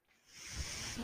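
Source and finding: Mechanical ventilator. Mechanical ventilator breath sound.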